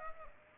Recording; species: mosquito wingbeat signal from an infrared sensor; Aedes aegypti